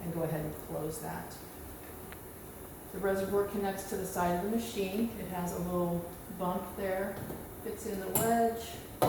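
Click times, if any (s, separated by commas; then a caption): none. A blood collection reservoir is handled toward its side mount on a cell saver machine, with its small bump meant to fit into the wedge, after a slide clamp is closed. Someone talks throughout, and a brief sharp tick is heard at about 2.1 s. The reservoir has not seated or clicked into its mount yet.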